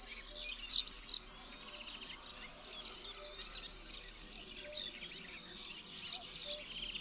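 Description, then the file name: Western yellow wagtail calls: two sharp, high slurred notes close together, repeated as a pair about five seconds later, over faint background chatter. "PLISZKAZOLTA"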